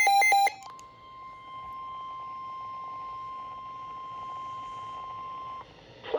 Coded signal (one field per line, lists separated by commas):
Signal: Emergency Alert System (SAME) tones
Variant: 1050 Hz attention tone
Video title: Flash flood warning for Missoula and Powell counties (EAS #19)